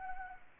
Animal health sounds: mosquito wingbeat signal from an infrared sensor; Anopheles arabiensis

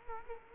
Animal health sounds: mosquito wingbeat signal from an infrared sensor; Culex quinquefasciatus

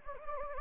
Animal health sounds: mosquito wingbeat signal from an infrared sensor; Anopheles gambiae

